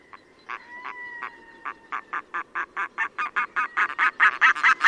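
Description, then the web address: Red-throated loon song: long drawn wailing tones with harmonics, then a rapid series of harsh cackling notes, growing louder toward the end. "chant xeno-canto plongeon catmarin"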